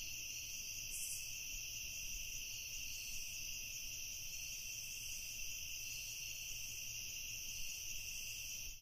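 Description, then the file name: Crickets chirping in a continuous dense chorus, with steady high trilling bands throughout and a faint low rumble underneath. Crickets recorded at night. "Crickets At Night Combo"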